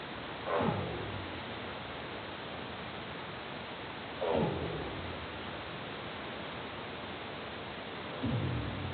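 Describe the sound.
North Pacific right whale calls: three short tonal sweeps, roughly four seconds apart, heard over a constant rushing underwater hiss.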